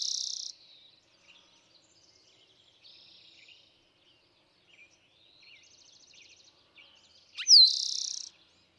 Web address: songs Eastern Towhee